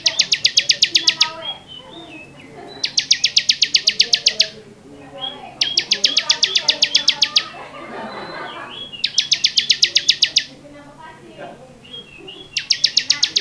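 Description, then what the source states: Bar-winged prinia giving long trains of quick, evenly spaced metallic notes, five bursts in all, separated by pauses filled with faint warbling. Long-duration song used to train cage birds.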